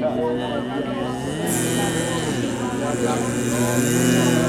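A voice imitates the whine of a mosquito circling around at night, a continuous nasal buzz with a slightly wavering pitch that holds steady and fairly loud for several seconds without any words.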